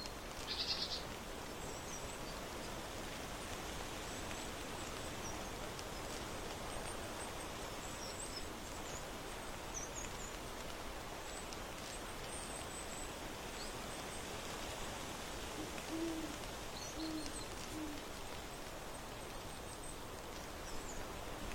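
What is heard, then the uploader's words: Outdoor autumn porch ambience with a steady, dense, soft rustling hiss throughout. Faint birdsong chirps come through now and then, near the start and again after about twelve seconds, and a few soft low hoot-like calls sound around sixteen to eighteen seconds. Birdsong, crunchy leaves, flipping books. On the porch in autumn.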